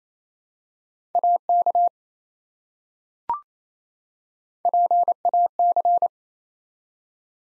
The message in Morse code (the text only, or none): AK PAC